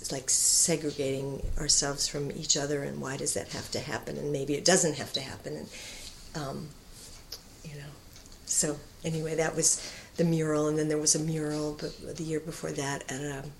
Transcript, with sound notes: like segregating ourselves from each other and why does it have to happen? And maybe it doesn't have to happen and [pause] so anyway that was the mural and then there was a mural the year before that at a